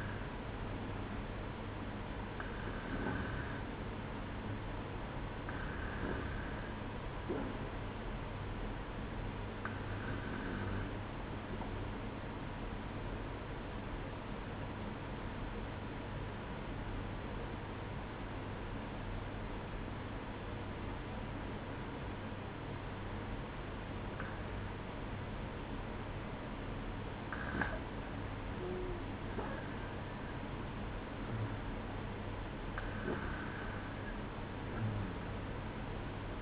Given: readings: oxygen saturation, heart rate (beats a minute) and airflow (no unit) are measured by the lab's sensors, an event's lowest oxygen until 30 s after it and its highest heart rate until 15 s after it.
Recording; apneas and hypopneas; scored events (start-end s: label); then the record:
breathing in sleep by a voice recorder at the bedside; 1
14.00-27.40 s: obstructive apnea (REM, oxygen 95% highest, then 92% lowest, heart rate 68 at the start, 69 highest)
From the record:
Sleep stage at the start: REM sleep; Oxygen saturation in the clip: 91 to 95%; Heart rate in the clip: 66 to 71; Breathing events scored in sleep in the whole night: 305 in 9.6 hours asleep